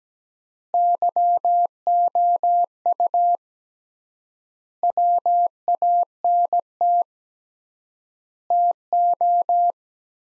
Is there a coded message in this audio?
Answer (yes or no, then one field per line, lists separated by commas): yes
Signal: Morse code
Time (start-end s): 0.7-9.7 s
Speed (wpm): 17 wpm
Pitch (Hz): 700 Hz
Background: none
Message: YOU WANT TO